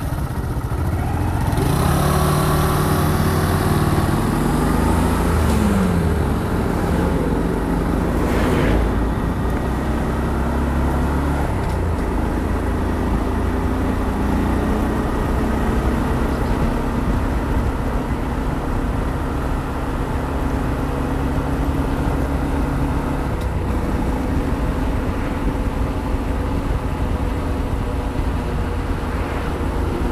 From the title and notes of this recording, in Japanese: 無言でバイクを走らせました。周りの車の音なども入っています。